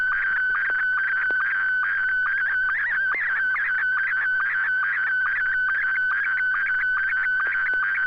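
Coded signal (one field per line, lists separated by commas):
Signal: SSTV (slow-scan television)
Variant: Scottie 1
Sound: warbling tones around 1.5-2.3 kHz with regular short lower blips, over steady tone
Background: low hum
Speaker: pretty sure the system's up and running so here we go n6 YG Scotty one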